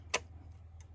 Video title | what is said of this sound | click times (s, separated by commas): Fixing Electronics for Big Money! - LG RC897T Repair - No Disk Error | Push down to get this these retaining arms snapped back in. | 0.1 s